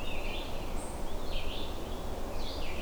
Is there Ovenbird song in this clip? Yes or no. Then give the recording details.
no. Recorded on 21 June 2016 at 08:18. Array SBT-6-76